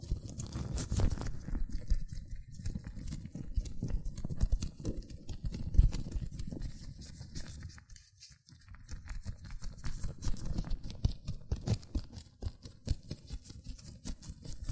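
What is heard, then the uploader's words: Latex gloves rub and squeak against hands in a continuous, busy stream of small crinkles, snaps and patters. The sound is mostly low and thick, with sharp clicks reaching higher. It drops nearly silent around eight seconds before resuming just as dense. ASMR Latex Gloves Hand Sounds (No Talking).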